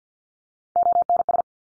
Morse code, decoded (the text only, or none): ONS